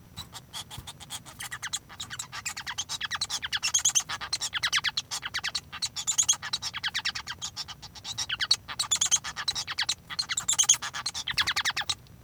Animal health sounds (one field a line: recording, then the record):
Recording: song of a male Bengalese finch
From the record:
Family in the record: son of father 1